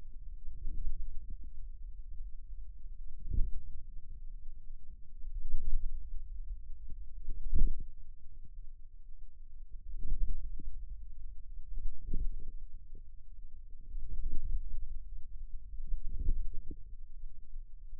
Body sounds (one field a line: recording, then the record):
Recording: forearm muscle sounds (acoustic myography)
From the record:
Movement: hand closing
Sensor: system 2, bracelet of six BSWA MPA416 microphones around the upper forearm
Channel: 1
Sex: female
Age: 22 years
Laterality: right